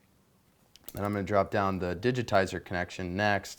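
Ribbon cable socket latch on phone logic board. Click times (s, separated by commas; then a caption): 0.8 s. A small plastic retaining latch on a ribbon cable socket on an iPhone 3G/3GS logic board is pressed down with a finger after the cable is wiggled into its socket, so the cable stays locked in. One sharp tick is heard at 0.8 s as the latch snaps down and seats, followed by someone talking.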